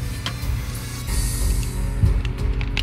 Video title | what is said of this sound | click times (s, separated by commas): Playmates Star Trek The Next Generation Electronic U.S.S. Enterprise NCC-1701-D (2023) | when you put it together it clicks into place just like that | 2.8 s